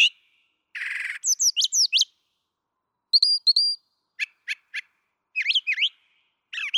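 Brown thrasher song with a buzzy burst, then slurred whistles, a doubled high note, three sharp chips and further chirping phrases.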